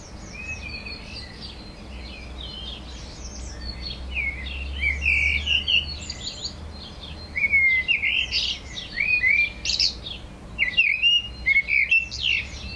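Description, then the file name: Eurasian blackbird calls: soft twittering at first over a low hum, then louder clusters of chirped and warbled notes in the second half. "Turdus merula"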